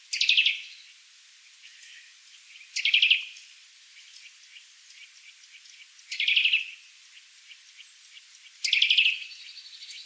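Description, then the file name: Eurasian nuthatch repeating a loud, falling piping note with a brief stutter, at uneven intervals of about two and a half to three and a half seconds, over a soft background hiss. "Sitta europaea"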